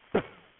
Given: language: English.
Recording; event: throat vibration sensor signal played as sound; cough